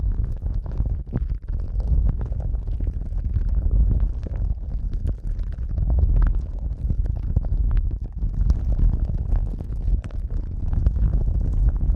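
Muffled rubbing and pressing sounds, like an eardrum massage, dominate with a deep, thick rumble that stays low and dense throughout. Soft clicks and brief crackly taps cut through every second or so, while the overall loudness wavers gently without pause.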